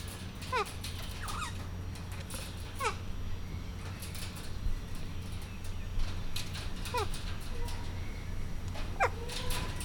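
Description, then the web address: Bare-eyed cockatoo with brief downward-sweeping whistles repeated at irregular intervals, a low hum running underneath throughout. Captive bird at a zoo in Miskolc, recorded 2018, described as slightly indisposed. "csupaszszemu kakadu kisseindiszponaltan miskolczoo"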